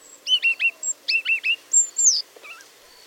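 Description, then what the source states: Siberian Rubythroat singing a jumble of short warbled and whistled notes with sharp high sweeps, over faint background noise. Spring migrants arriving en masse in northern Asia, some crossing the South China Sea from the Philippines, others over the mountains from Thailand.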